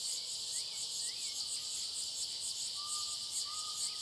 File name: Cigarras na clareira som agudo fino passaro e cachorro longe